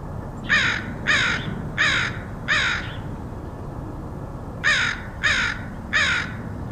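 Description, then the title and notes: Crow calling with two bursts of harsh, evenly spaced caws, separated by a pause of nearly two seconds, over a low rumble. Crows recorded in Portland, Oregon, USA, in August 2003. "Crows of Portland. Crows recorded by Dan Bodah in Portland, OR, August 2003"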